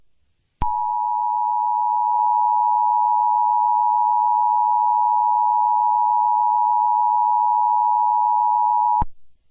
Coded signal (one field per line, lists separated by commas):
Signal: Emergency Alert System (SAME) tones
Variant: 853 and 960 Hz attention tone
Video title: The Anime Girls Strike Back - A sequel EAS scenario